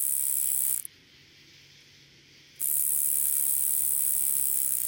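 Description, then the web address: Nebraska conehead katydid song: a thin, very high continuous buzz that breaks off for under two seconds, then resumes unchanged. "Crickets and Katydids. Nebraska Conehead Katydid, Neoconocephalus nebrascensis"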